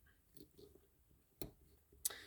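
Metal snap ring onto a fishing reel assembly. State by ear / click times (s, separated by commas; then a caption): seated / 1.4 s, 2.1 s. While servicing an Abu Garcia Cardinal Premier CP1F ball bearing fishing reel, a ring is set back on top and a small metal snap ring is pressed on over it. Faint handling noises are followed by sharp clicks at 1.4 s and 2.1 s as the snap ring snaps into place and seats.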